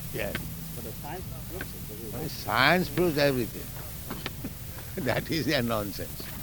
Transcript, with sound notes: Yes.
But the science proves it.
Science proves everything. [chuckles] That is their nonsense.